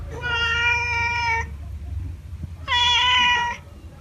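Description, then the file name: Cat calling with two sustained meows, the first long and even, the second shorter and louder after a pause. Cat meowing to chase away mice. "Tieng meo keu duoi chuot"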